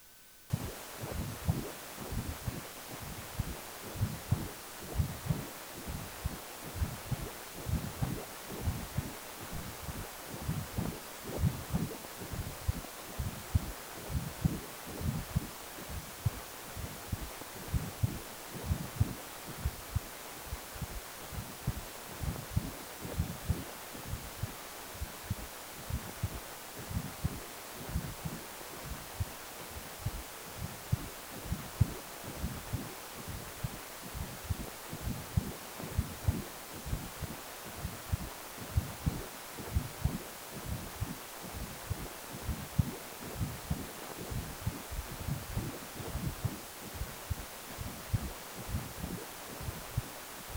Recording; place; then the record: Doppler ultrasound of blood flow; precordium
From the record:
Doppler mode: continuous wave and pulsed wave in the uncut recording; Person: healthy adult, 18 to 50 years, no heart murmur, not diving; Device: 2.5 MHz transducer